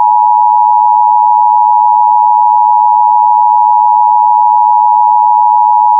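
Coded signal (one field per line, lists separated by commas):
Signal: Emergency Alert System (SAME) tones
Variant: 853 and 960 Hz attention tone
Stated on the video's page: Valid EAS SAME tones in an EAS scenario.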